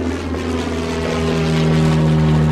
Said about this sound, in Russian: С нового аэродрома Люфтваффе под Осло каждый день взлетали огромные Мессершмитты 264 и Хенкели 177, направлявшиеся в район арктической базы.